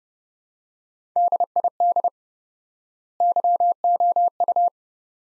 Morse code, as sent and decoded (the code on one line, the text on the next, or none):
-.. .. -.. / -.-- --- ..-
DID YOU